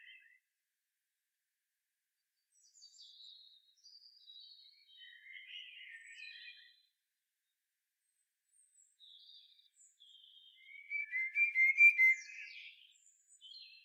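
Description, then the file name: Common blackbird singing faint, scattered high twittery notes, then a louder warbled fluting phrase with rapid pulsed notes near the end. "Turdus merula"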